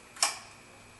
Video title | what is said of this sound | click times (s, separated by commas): How to replace the IAC (idle speed motor) on a 1999 Honda Odyssey | next thing we're going to do is we're going to start to reattach the electrical connectors that we previously took out and listen for it to snap in oh yeah the touch | 0.2 s